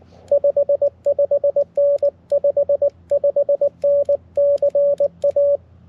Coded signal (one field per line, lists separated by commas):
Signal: Morse code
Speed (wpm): 19 wpm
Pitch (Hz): 560 Hz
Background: radio noise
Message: 55N 55N CA